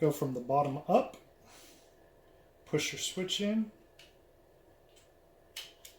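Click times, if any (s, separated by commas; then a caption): 5.6 s. A switch is pushed into a plastic lightsaber chassis and slowly slid along it while someone talks. The switch clicks into place at 5.6 s, and it is seated.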